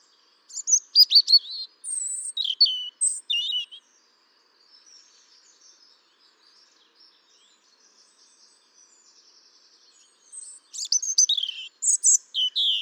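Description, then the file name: European robin song: high, liquid warbled phrases at the start, a long pause with very faint notes, then a dense trilling burst near the end. "Erithacus rubecula"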